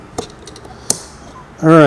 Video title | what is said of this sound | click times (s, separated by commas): Rebuilding a '66 Thunderbird Power Steering Gearbox | that sucker snapped back in. | 0.9 s